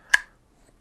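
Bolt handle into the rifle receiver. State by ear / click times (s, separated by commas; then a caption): seated / 0.1 s. The bolt handle of a reassembled SSG10 airsoft sniper rifle is worked into its locked position in the rifle receiver during testing. A single sharp, bright click is heard at 0.1 seconds, then near silence. The bolt handle seats in place as intended.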